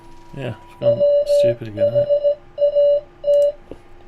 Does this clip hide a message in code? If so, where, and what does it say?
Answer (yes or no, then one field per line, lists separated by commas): yes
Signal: Morse code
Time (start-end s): 0.8-3.5 s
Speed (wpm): 16 wpm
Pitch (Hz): 580 Hz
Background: speech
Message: WHAT